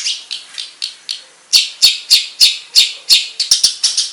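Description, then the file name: Long-tailed shrike song made of harsh rasping notes repeated roughly three times a second, speeding up and getting louder toward the end. Banyuwangi and Madura cendet types. "Suara Cendet Banyuwangi dan Madura"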